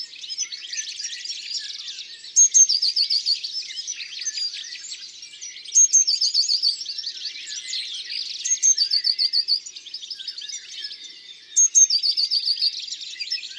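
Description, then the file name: Eurasian blue tit singing: a few thin, high notes run into a fast, ringing trill, the phrase repeated about every three seconds over a busy chorus of other birds. "Mesange bleue ABC des chants doiseaux"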